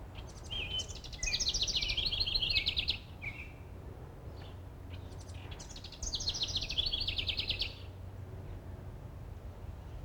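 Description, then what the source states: Wren singing two loud, fast trilled phrases about five seconds apart, each a rattling cascade of high notes, with steady low rumbling noise underneath. Singing, with some background noise.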